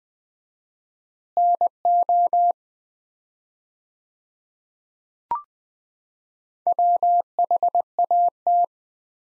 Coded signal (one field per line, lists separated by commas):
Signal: Morse code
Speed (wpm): 20 wpm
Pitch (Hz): 700 Hz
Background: none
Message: NO WHAT